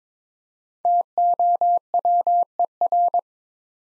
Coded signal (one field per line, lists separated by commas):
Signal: Morse code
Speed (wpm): 22 wpm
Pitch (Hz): 700 Hz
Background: none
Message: TOWER